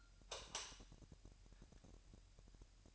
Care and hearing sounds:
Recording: daily activity, microphone in the room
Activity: light off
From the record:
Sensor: 2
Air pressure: 1001.8 hPa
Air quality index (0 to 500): 241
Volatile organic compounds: 31 ppm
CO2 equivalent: 2986 ppm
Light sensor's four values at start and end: 8/21/9/9 and 4/10/4/4

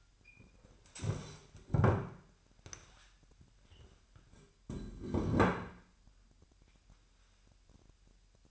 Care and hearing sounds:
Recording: daily activity, microphone in the room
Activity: stand up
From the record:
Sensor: 2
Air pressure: 998.5 hPa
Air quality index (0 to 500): 125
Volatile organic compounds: 3 ppm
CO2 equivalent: 1411 ppm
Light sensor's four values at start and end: 6/13/5/6 and 5/11/5/5

